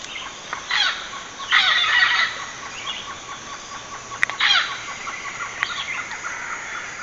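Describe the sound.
Bird calls: harsh, raspy squawks in short bursts over a steady series of soft, high pips, with background hiss throughout.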